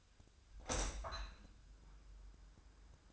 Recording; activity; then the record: daily activity, microphone in the room; open window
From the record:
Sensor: 2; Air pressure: 1004.5 hPa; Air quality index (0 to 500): 96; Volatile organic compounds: 2 ppm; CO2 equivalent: 1146 ppm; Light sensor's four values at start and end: 6/14/5/6 and 6/14/6/6